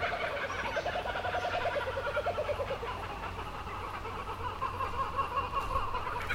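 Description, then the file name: Kookaburra laughing: quick pulsed chuckling notes in bursts over a steady low background hum. Several kookaburras. "BIRD KOOKABURRAS"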